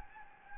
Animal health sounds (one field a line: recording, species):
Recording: mosquito wingbeat signal from an infrared sensor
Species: Anopheles gambiae